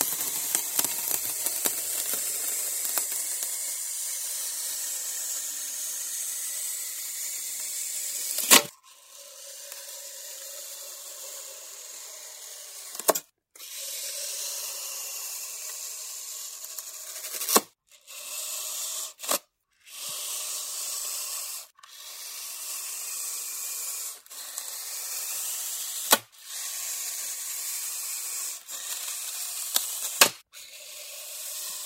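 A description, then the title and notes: Styrofoam is cut in a steady, hissing scrape that runs unbroken for the first eight seconds, with faint squeaky tones riding on top. After that the cutting comes in shorter strokes, split by brief silences and sharp snaps or clicks roughly every two to four seconds. 切保麗龍｜Cutting Styrofoam.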